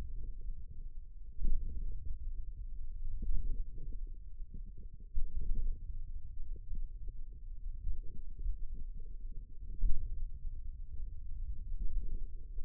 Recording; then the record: forearm muscle sounds (acoustic myography)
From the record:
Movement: pen grasping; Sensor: system 2, bracelet of six BSWA MPA416 microphones around the upper forearm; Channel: 4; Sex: male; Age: 22 years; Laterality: right